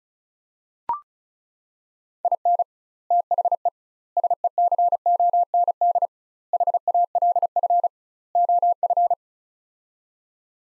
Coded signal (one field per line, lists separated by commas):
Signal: Morse code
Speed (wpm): 36 wpm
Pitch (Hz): 700 Hz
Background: none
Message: IN THE SECOND HALF OF